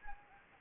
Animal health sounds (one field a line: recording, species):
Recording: mosquito wingbeat signal from an infrared sensor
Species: Anopheles gambiae